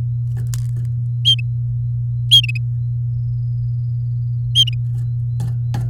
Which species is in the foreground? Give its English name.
Domestic Canary